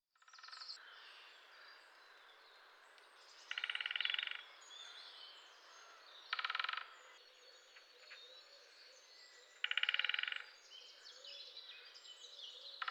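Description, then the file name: Great spotted woodpecker drumming in three short rapid bursts, widely spaced, over a background of songbirds and steady outdoor noise. "grote bonte specht"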